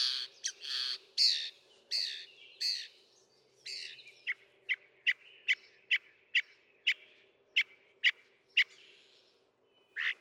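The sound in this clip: Northern mockingbird song: broad, harsh notes in quick varied bursts, then a long series of sharp, clipped notes repeated about twice a second.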